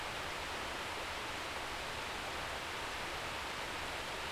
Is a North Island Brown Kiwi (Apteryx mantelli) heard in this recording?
no